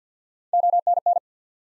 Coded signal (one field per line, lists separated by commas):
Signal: Morse code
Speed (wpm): 53 wpm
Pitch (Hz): 700 Hz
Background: none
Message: ONN